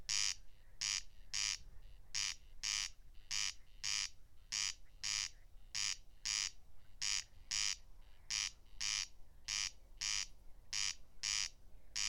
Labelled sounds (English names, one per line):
Corn Crake song